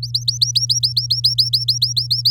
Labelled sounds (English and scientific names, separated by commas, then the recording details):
Domestic Canary (Serinus canaria) song
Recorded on 9 May 2018 at 06:00
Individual llb16